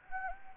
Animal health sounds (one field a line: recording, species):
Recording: mosquito wingbeat signal from an infrared sensor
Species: Anopheles gambiae